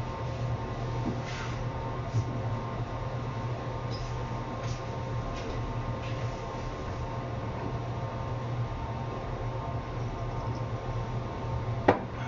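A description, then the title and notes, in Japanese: Kitchen noises over a steady, low mechanical hum that runs the whole time, like an appliance or fan droning. Faint light clinks and taps surface now and then, and a sharper knock lands near the end. 調理の音 鶏むね野菜炒め。キッチンでの物音をお送りします。主に鶏むね野菜炒め（一部卵とじ）を作っています。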